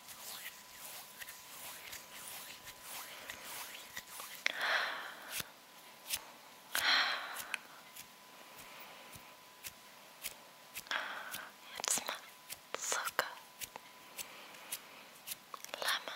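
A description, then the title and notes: Hand sounds: soft rubbing and fluttering swishes with sharp little clicks and plucks scattered irregularly throughout, busier after the fourth second. Rode Mic. Hand Sounds (Fluttering, Rubbing, Plucking, Hand Cream ...)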